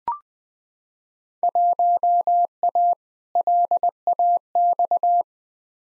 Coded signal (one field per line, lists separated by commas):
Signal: Morse code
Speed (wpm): 20 wpm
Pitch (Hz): 700 Hz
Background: none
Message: 1A LAX